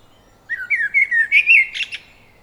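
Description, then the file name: Common blackbird singing one short phrase, a mellow warbled run that climbs slightly before ending in sharp, high squeaky notes. "Turdus merula"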